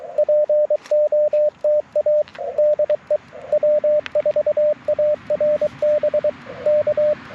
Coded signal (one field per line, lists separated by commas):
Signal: Morse code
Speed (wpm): 23 wpm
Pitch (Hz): 600 Hz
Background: radio noise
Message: POTA DE W4ARB K